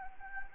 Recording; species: mosquito wingbeat signal from an infrared sensor; Anopheles gambiae